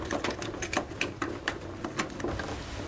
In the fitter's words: there we go I heard it click it's